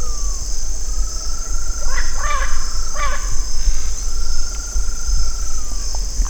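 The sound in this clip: Bird calls, three short nasal notes around the middle, between long thin whistled tones, with a steady high hiss throughout.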